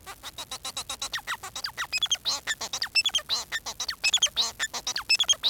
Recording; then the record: song of a male Bengalese finch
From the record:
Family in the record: son of father 4